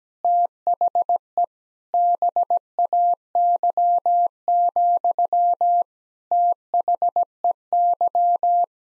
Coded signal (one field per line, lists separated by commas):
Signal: Morse code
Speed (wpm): 17 wpm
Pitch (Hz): 700 Hz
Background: none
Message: THE BAY, THEY